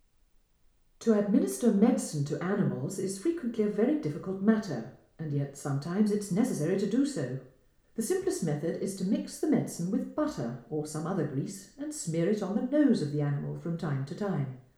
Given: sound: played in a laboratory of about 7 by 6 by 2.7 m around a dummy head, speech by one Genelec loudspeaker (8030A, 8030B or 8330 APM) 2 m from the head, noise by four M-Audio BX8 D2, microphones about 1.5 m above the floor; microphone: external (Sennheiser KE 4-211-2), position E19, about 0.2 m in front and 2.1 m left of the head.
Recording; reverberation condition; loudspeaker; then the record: female speech in English; medium; 60 degrees to the left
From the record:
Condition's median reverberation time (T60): about 510 ms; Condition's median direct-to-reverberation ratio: about -0.5 dB